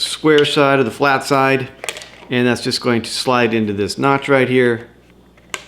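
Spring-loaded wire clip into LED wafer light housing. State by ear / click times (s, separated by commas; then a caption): seated / 5.5 s. Someone talks while a spring-loaded wire mounting clip is slid by its flat side into a notch on the back of a plastic LED wafer light fixture. After the talking stops, there is a quiet pause and then a short, sharp snap at 5.5 s as the clip seats in place.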